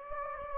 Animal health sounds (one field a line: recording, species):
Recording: mosquito wingbeat signal from an infrared sensor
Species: Anopheles gambiae